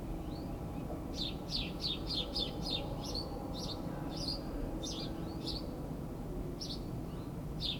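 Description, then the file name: House sparrow chirping in a quick, uneven series of sharp, bright chirps over a steady low rumbling background. "Passer domesticus"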